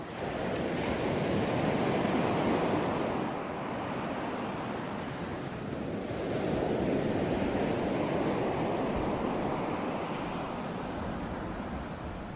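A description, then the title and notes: Powerful waves break on a beach in a dense, continuous roar that swells and eases, with surges peaking around the second and seventh seconds and a brief lull near four seconds. The rush is full and close, weighted low with a hissing wash above. Fall Asleep with Powerful Waves at Night on Beach.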